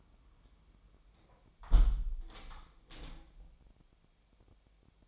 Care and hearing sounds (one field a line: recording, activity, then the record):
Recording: daily activity, microphone in the room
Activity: close window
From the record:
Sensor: 1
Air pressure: 1006.4 hPa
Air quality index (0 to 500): 208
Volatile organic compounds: 24 ppm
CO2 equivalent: 2799 ppm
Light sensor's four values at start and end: 12/31/12/13 and 11/30/11/13